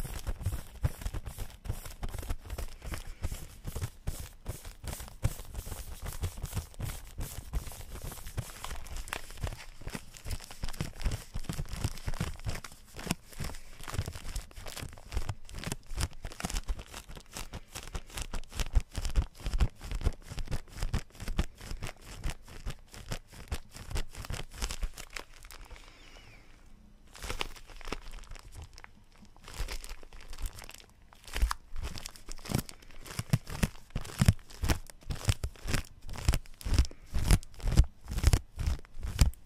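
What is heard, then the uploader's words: Office objects being handled and explored, giving a dense run of quick crinkling, crunching and tapping clicks with some low thumps. The activity is nearly continuous, with a brief quieter pause around 26 to 29 seconds before the rapid handling noises resume. ASMR office stuff object exploration. Lid sounds, scratchy tapping.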